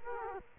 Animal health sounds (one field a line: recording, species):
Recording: mosquito wingbeat signal from an infrared sensor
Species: Culex quinquefasciatus